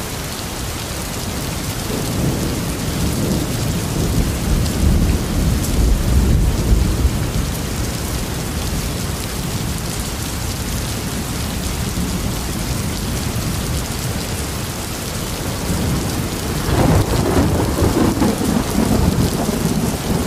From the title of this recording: storm